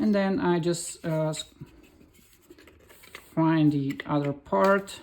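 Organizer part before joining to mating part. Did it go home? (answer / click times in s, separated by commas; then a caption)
no / none. Someone talks while handling a plastic organizer part, finding the mating part and lining it up before pressing the two together. Faint scratching and handling noises sit between the speech, with two brief taps at about 2.7 s and 3.2 s. Nothing has seated or clicked yet.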